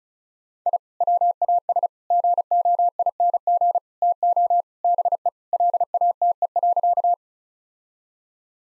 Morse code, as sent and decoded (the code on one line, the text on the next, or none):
.. / .-- .- ... / --. --- .. -. --. / - --- / -... . / .-.. .- - . .-.-.-
I WAS GOING TO BE LATE.